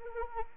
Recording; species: mosquito wingbeat signal from an infrared sensor; Anopheles arabiensis